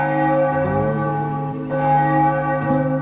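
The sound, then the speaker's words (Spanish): A village church bell tolls the appointed hour, its deep, resonant strokes overlapping in a continuous, shimmering hum of sustained overtones. Fresh strikes arrive roughly every second. No voices are heard. “La campana de la iglesia marca la hora señalada.”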